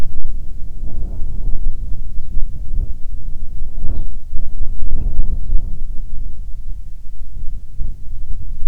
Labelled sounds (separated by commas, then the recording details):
bird, wind
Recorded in the Arctic National Wildlife Refuge, Alaska, on 9 July 2019 at 22:18
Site 48